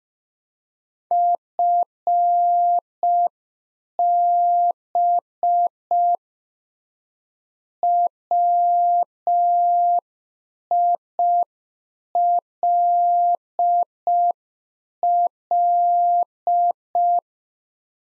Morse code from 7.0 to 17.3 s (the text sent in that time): WILL